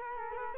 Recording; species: mosquito wingbeat signal from an infrared sensor; Culex quinquefasciatus